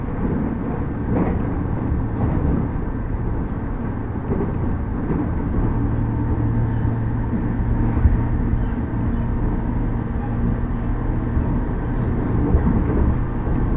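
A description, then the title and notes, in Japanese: A rapid train on the Uchibo Line between Chiba and Kisarazu, heard as a steady low rumble and rush of running that barely changes level. From about six seconds a low hum settles in beneath the noise, with faint rattles and clicks scattered throughout. 鉄道旅 内房線快速 千葉→木更津。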